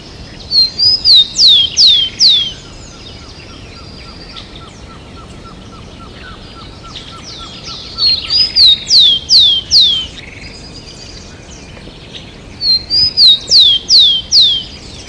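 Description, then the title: Bird song: three bursts of several high, mostly downward-slurred whistles, separated by pauses of a few seconds, with a faint rapid ticking between the first two bursts. "LuckyPassaro Completos2Sama"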